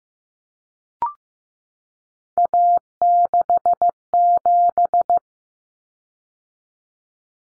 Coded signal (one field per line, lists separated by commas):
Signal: Morse code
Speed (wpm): 15 wpm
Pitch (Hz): 700 Hz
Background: none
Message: A67